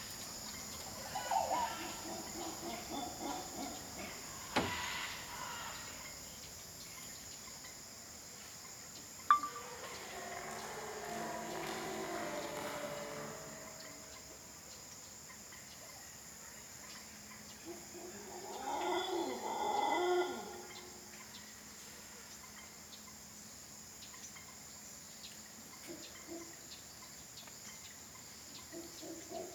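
A jungle field recording with a steady high insect drone running throughout, plus a faint low hum. Busier patches of chirping and calls swell around ten to fifteen seconds and again near twenty, with a few sharp clicks at about five and nine seconds.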